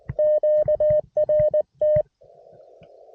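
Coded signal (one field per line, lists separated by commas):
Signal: Morse code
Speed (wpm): 20 wpm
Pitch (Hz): 610 Hz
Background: none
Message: QRT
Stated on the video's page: First CW SOTA activation from a summit, made on a backup rig after forgetting the main rig's battery.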